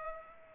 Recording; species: mosquito wingbeat signal from an infrared sensor; Culex pipiens